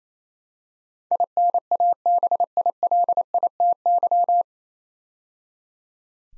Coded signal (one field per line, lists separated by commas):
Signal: Morse code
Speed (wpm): 27 wpm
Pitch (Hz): 700 Hz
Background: none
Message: INABILITY